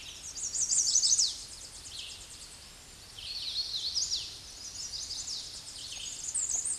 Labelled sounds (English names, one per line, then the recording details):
Hooded Warbler song
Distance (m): 40 m
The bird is about 15 m above the microphone
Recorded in a Pennsylvania forest on 16 May 2024 at 08:16
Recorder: AudioMoth, point MSD-2208
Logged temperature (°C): 15.2 °C
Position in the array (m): 157 m, 122 m